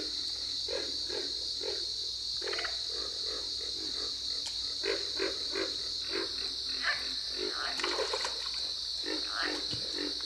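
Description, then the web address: Pig frog grunts: rough low grunts in quick irregular runs, with a constant high-pitched buzzing drone behind. "Solitudes Frog Song. Pig Frog"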